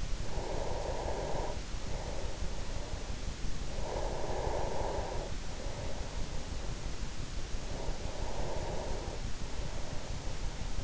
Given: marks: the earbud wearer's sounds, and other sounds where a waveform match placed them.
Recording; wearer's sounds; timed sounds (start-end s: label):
sounds in sleep by an in-ear microphone; breath
0.00-3.44 s: breath
3.70-7.22 s: breath
7.51-10.84 s: breath